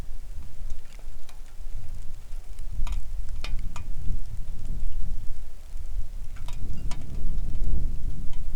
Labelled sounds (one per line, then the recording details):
wind
rain
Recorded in the Arctic National Wildlife Refuge, Alaska, on 3 August 2019 at 10:08
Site 41